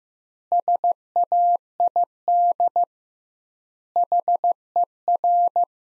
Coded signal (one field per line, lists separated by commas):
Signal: Morse code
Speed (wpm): 15 wpm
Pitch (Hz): 700 Hz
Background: none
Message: SAID HER